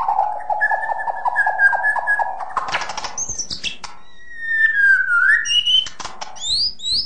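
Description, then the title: Long-tailed shrike singing a rapid repeated low whistled note series, then harsh clicks, scattered high whistles and a slurred phrase. "Kicau Burung Pentet"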